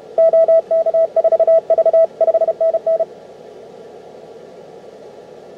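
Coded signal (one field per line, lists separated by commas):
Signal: Morse code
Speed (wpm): 34 wpm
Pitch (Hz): 660 Hz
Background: radio noise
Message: OK4V 5NN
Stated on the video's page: Received on 50 MHz with a good signal.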